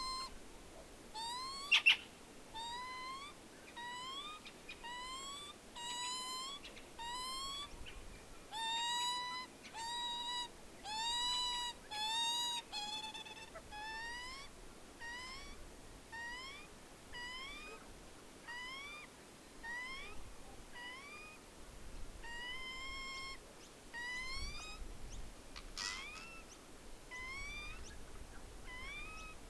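Wood Ducks call over and over at Menindee Lakes at night, a steady run of nasal, rising mewing notes repeated about once a second for the whole stretch. Two sharp clicks stand out near the start and past the middle, over a low rumbling background.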